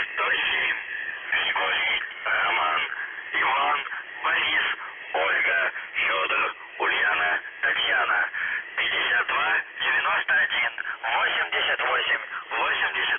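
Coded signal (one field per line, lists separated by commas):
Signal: numbers station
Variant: UVB-76, Russian voice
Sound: a voice reading short words over a muffled, band-limited radio channel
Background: radio static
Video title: The Buzzer/UVB-76 Voice Message (November 25, 2020 10:08 UTC)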